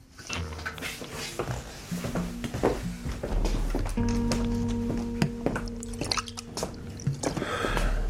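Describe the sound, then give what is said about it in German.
Water is poured into a glass for several seconds, a steady gurgling splash with a ringing, hollow tone and a few small drips and knocks along the way. “Könnte ich bitte ein Glas Wasser haben? Ja, natürlich.”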